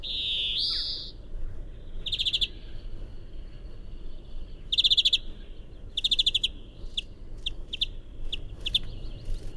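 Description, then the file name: European greenfinch: a nasal wheeze at the start, then scattered short trills and sharp single chirps at irregular intervals over a soft background hiss. "Chloris chloris"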